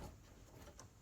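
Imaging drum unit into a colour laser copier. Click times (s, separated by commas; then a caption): 0.8 s. A new cyan imaging drum unit is slid into a Konica Minolta colour laser copier and pushed back up into place to fix blue lines on prints. Over a low, steady background, a short, sharp click is heard at 0.8 s. The drum unit locks in and is seated.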